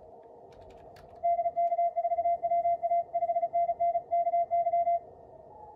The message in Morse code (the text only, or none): DK4WA 5NN KY